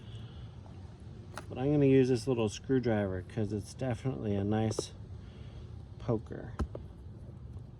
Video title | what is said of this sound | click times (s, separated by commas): Drip System Renovation Project | pops right in look at that there's water in the lens from previously | 6.8 s